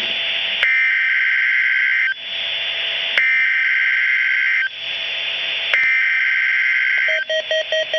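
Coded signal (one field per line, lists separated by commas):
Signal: Emergency Alert System (SAME) tones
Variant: header bursts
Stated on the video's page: EAS test tones.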